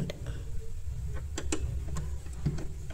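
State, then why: Not seated. A new presser foot is handled into place under the foot holder of a Usha Janome Wonder Stitch sewing machine, with the holder about to be pressed down to snap it on. Short, light ticks and taps sound at about 0.1, 1.4, 1.5 and 2.0 seconds over a low steady hum. Nothing has seated or clicked yet; the foot is not yet home when the clip ends.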